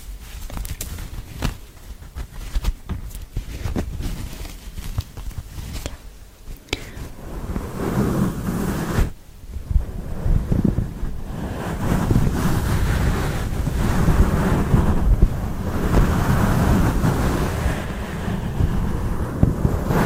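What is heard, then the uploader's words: Intense scratching on a microphone, with sharp scrapes and clicks crowding the first seven seconds. After a brief drop near nine seconds, a dense, rumbling rustle takes over and holds steady to the end, heavy in the low end like wind buffeting the mic. Intense Mic Scratching.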